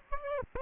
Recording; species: mosquito wingbeat signal from an infrared sensor; Aedes aegypti